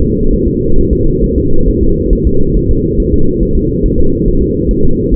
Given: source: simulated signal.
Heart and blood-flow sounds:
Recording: fetal heart sounds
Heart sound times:
0.02 s: S2
0.33 s: S1
0.48 s: S2
0.79 s: S1
0.93 s: S2
1.24 s: S1
1.38 s: S2
1.69 s: S1
1.83 s: S2
2.13 s: S1
2.27 s: S2
2.57 s: S1
2.71 s: S2
3.00 s: S1
3.14 s: S2
3.43 s: S1
3.57 s: S2
3.86 s: S1
4.00 s: S2
4.28 s: S1
4.42 s: S2
4.71 s: S1
4.85 s: S2
5.14 s: S1
From the record:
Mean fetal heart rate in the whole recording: 135 bpm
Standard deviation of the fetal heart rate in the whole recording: 3 bpm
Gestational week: 36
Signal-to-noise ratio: -19.1 dB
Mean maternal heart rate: 72 bpm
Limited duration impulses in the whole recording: present

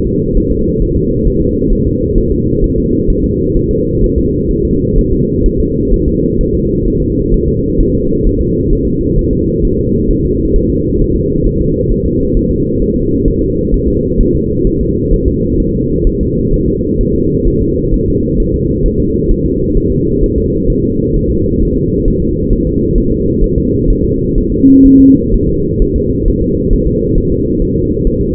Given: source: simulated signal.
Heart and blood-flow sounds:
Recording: fetal heart sounds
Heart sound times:
0.07 s: S2
0.37 s: S1
0.52 s: S2
0.82 s: S1
0.96 s: S2
1.27 s: S1
1.42 s: S2
1.73 s: S1
1.87 s: S2
2.18 s: S1
2.32 s: S2
2.64 s: S1
2.78 s: S2
3.10 s: S1
3.24 s: S2
3.57 s: S1
3.71 s: S2
4.04 s: S1
4.18 s: S2
4.51 s: S1
4.65 s: S2
4.98 s: S1
5.13 s: S2
5.46 s: S1
5.60 s: S2
5.94 s: S1
6.08 s: S2
6.41 s: S1
6.55 s: S2
6.88 s: S1
7.02 s: S2
7.34 s: S1
7.48 s: S2
7.80 s: S1
7.95 s: S2
8.27 s: S1
8.41 s: S2
8.73 s: S1
8.87 s: S2
9.19 s: S1
9.33 s: S2
9.65 s: S1
9.79 s: S2
10.11 s: S1
10.25 s: S2
10.56 s: S1
10.70 s: S2
11.01 s: S1
11.16 s: S2
11.47 s: S1
11.61 s: S2
11.92 s: S1
12.06 s: S2
12.37 s: S1
12.51 s: S2
12.82 s: S1
12.96 s: S2
13.28 s: S1
13.42 s: S2
13.74 s: S1
13.88 s: S2
14.20 s: S1
14.35 s: S2
14.67 s: S1
14.81 s: S2
15.14 s: S1
15.28 s: S2
15.60 s: S1
15.74 s: S2
16.07 s: S1
16.21 s: S2
16.54 s: S1
16.68 s: S2
17.01 s: S1
17.15 s: S2
17.47 s: S1
17.62 s: S2
17.94 s: S1
18.08 s: S2
18.40 s: S1
18.54 s: S2
18.86 s: S1
19.00 s: S2
19.31 s: S1
19.46 s: S2
19.77 s: S1
19.92 s: S2
20.23 s: S1
20.38 s: S2
20.70 s: S1
20.84 s: S2
21.16 s: S1
21.31 s: S2
21.62 s: S1
21.77 s: S2
22.08 s: S1
22.22 s: S2
22.53 s: S1
22.67 s: S2
22.98 s: S1
23.12 s: S2
23.44 s: S1
23.58 s: S2
23.90 s: S1
24.04 s: S2
24.38 s: S1
24.52 s: S2
24.86 s: S1
25.00 s: S2
25.34 s: S1
25.48 s: S2
25.82 s: S1
25.96 s: S2
26.28 s: S1
26.42 s: S2
26.73 s: S1
26.87 s: S2
27.18 s: S1
27.32 s: S2
27.62 s: S1
27.76 s: S2
28.07 s: S1
28.21 s: S2
From the record:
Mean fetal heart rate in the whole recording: 130 bpm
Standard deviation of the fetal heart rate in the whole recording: 4 bpm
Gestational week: 38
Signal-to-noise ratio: -10.2 dB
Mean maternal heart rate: 72 bpm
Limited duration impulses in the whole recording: present

